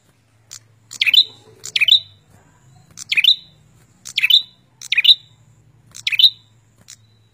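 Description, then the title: Prinia giving a series of ringing, clipped chirps over a steady low hum. "Suara Prenjak Burungmaster"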